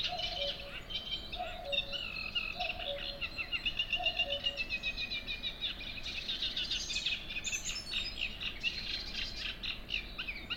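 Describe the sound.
Cuckoo with four falling two-note calls early on, over a busy mix of chirping and trilling songbirds that carries on afterwards.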